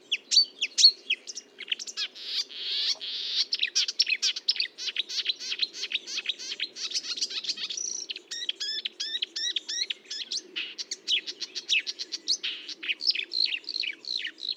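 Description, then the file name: Marsh warbler in full song, a long, unbroken, fast-changing run of chattering trills, sharp notes and whistled snippets. Recorded at Fontaine-Française (Fourneau), France, on 1 June 2022 at 10:55, using Nagra and Telinga equipment. "Rousserolle verderolle 1055 Fontaine-Francaise-Fourneau"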